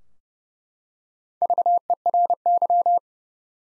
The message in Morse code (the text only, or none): VERY